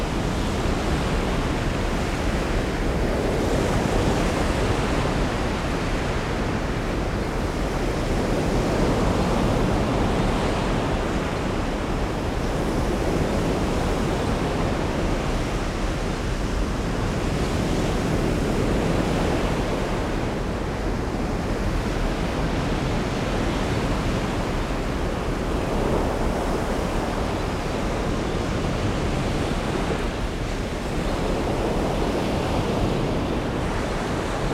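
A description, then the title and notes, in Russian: Rough waves roll in along a coastline in a dense, continuous roar that never drops away. Slow swells build and ease roughly every five seconds, the low rumble heavy beneath a hissing wash, with a hint of wind buffeting the microphone. Бурные Волны у Побережья Амальфи. Запись была сделана во время недавнего шторма в Марина Гранде.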